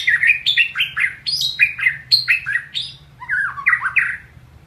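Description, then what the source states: White-rumped shama song: a fast stream of varied whistled and slurred notes jumping between pitches, ending in lower rising whistles, with a faint low hum beneath. Masteran training recording.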